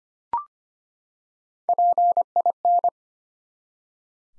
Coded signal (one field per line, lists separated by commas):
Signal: Morse code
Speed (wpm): 25 wpm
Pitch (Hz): 700 Hz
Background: none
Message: PIN